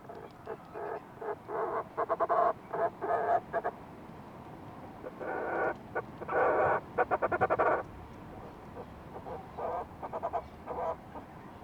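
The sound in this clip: Fulmar prion calling in repeated throaty, rattling sequences of short harsh pulses, each burst of phrases separated by brief pauses, over a faint constant hiss.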